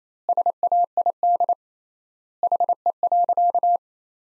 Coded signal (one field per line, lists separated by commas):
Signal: Morse code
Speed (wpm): 28 wpm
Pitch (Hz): 700 Hz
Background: none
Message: SAID HE.